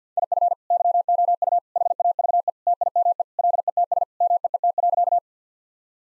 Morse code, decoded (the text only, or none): IF YOU HAVE TIME LETS MEET.